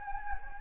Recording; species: mosquito wingbeat signal from an infrared sensor; Anopheles gambiae